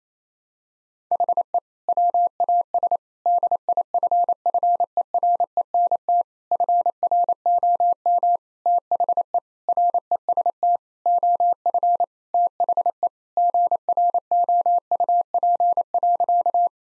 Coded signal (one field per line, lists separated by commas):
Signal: Morse code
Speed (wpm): 28 wpm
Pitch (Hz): 700 Hz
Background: none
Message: HE WAS DIFFERENT FROM THE REST OF THE GROUP.